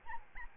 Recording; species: mosquito wingbeat signal from an infrared sensor; Aedes albopictus